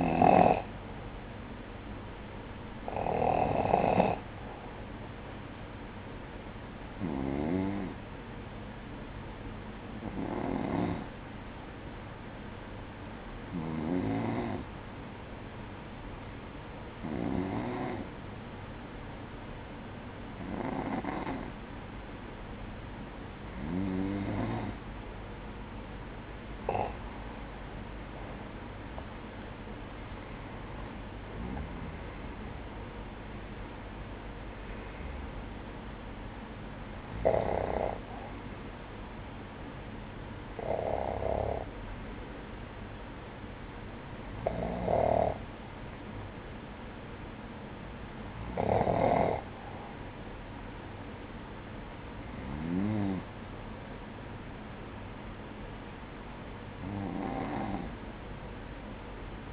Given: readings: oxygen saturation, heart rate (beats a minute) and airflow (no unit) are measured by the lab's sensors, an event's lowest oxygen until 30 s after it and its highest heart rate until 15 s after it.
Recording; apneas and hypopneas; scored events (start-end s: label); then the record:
breathing in sleep by a voice recorder at the bedside; 1
7.00-27.70 s: hypopnea (N2, oxygen 96% highest, then 93% lowest, heart rate 59 at the start, 68 highest)
18.00-48.00 s: new sleep stage, N1 (lightest sleep)
48.00-59.53 s: new sleep stage, N2 (light sleep)
From the record:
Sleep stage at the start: N2 (light sleep); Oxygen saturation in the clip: 93 to 96%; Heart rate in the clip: 53 to 68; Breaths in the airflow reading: 17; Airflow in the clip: -9.7 to 8.5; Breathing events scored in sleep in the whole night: 180 in 6.7 hours asleep